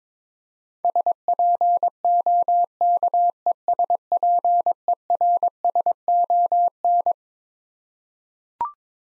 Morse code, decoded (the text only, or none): SPOKESPERSON